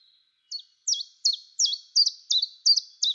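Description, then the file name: Common chiffchaff singing eight bright, high notes that each fall quickly, spaced evenly at just under three per second, with nothing else audible. "tjiftjaf"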